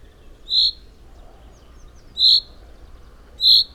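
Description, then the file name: Common chaffinch giving three sharp, high, single-note calls with a pause before the second, over faint background hiss. "Fringilla coelebs"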